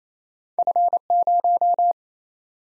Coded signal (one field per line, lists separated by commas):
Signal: Morse code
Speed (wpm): 28 wpm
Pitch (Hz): 700 Hz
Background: none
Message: F0